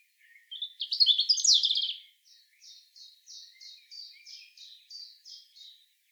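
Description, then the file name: European robin song opening with a bright jumbled flourish, followed by a steady series of short, high repeated notes. "Erithacus rubecula"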